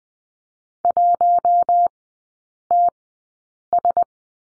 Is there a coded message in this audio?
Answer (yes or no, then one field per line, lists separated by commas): yes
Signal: Morse code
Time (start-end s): 0.8-4.0 s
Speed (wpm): 20 wpm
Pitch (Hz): 700 Hz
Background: none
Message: 1TS